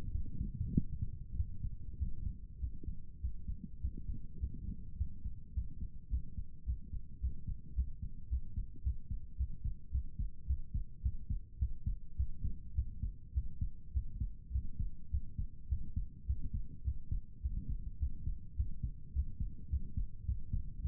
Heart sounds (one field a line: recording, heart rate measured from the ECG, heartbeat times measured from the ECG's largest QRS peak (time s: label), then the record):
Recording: heart sounds by stethoscope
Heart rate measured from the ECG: 104 bpm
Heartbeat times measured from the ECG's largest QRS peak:
0.11 s: heartbeat
0.73 s: heartbeat
1.35 s: heartbeat
1.97 s: heartbeat
2.59 s: heartbeat
3.20 s: heartbeat
3.80 s: heartbeat
4.39 s: heartbeat
4.96 s: heartbeat
5.53 s: heartbeat
6.09 s: heartbeat
6.64 s: heartbeat
7.19 s: heartbeat
7.73 s: heartbeat
8.28 s: heartbeat
8.82 s: heartbeat
9.36 s: heartbeat
9.90 s: heartbeat
10.46 s: heartbeat
11.01 s: heartbeat
11.58 s: heartbeat
12.16 s: heartbeat
12.74 s: heartbeat
13.33 s: heartbeat
13.92 s: heartbeat
14.51 s: heartbeat
15.10 s: heartbeat
15.68 s: heartbeat
16.25 s: heartbeat
16.83 s: heartbeat
17.41 s: heartbeat
17.98 s: heartbeat
18.55 s: heartbeat
19.12 s: heartbeat
19.69 s: heartbeat
20.25 s: heartbeat
20.81 s: heartbeat
From the record:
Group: healthy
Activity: Valsalva maneuver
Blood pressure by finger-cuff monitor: 100/71 mmHg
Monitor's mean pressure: 80 mmHg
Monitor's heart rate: 104 bpm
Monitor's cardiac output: 7.4 L/min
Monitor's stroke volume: 71 mL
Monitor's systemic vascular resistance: 760 dyn s/cm5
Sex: male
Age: 19 years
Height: 178 cm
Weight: 83 kg